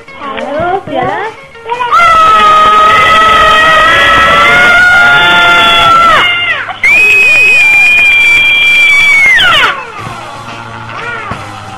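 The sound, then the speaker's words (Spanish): Outdoors, several voices shout together in two long, loud, sustained yells, the second higher-pitched than the first, with brief talking before and after. “Pero, ¿qué tal si en vez de descargar la furia peleando, nos vamos afuera y gritamos? ¿Gritamos juntos?”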